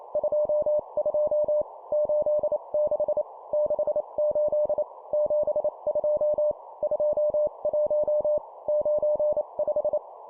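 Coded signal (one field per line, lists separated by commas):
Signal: Morse code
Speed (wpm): 28 wpm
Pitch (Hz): 600 Hz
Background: none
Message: 22 86 68 72 21 95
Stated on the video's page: Morse code course drill at 25 wpm of two number words.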